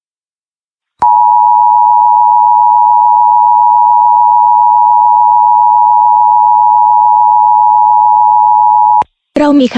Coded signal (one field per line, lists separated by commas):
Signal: Emergency Alert System (SAME) tones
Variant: 853 and 960 Hz attention tone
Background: speech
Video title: The Awakening EAS Scenario Unofficial Epilogue (Nuclear War) The Full Series